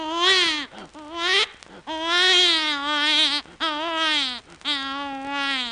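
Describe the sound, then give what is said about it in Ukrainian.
A voice imitates a baby crying in a cradle, with several long, wavering wails at a high pitch, each rising and falling, separated by brief gasping pauses. The crying is loud and continuous with no other talk. “Дитина плаче у люльці, а няня не чує, тому що з нею дяді ходять, сміються.”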